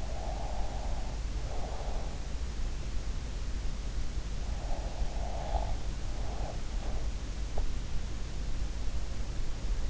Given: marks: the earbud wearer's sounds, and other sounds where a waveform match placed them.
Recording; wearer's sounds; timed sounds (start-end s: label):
sounds in sleep by an in-ear microphone; breath
0.00-2.32 s: breath
4.67-7.08 s: breath